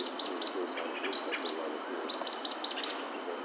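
Bird calls: separate high, sharp chirps at the start, then a quick run of four more near the end.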